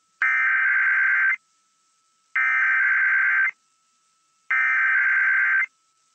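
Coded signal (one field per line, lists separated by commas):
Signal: Emergency Alert System (SAME) tones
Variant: header bursts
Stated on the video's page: Weekly tests received off FM broadcast stations.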